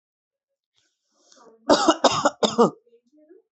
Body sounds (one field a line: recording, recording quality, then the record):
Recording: heavy voluntary cough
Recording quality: excellent, no background noise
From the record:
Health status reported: healthy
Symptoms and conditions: none ticked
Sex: male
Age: 31 years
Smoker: not ticked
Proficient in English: yes